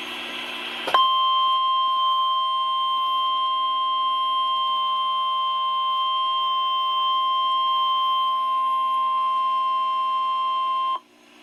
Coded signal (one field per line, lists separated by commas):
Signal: Emergency Alert System (SAME) tones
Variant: 1050 Hz attention tone